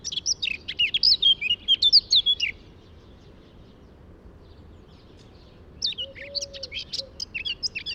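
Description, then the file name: Eurasian blackcap singing a quick scratchy warble for two and a half seconds, a pause, then another warbled phrase; a low soft whistle sounds in the background. "Sylvia atricapilla"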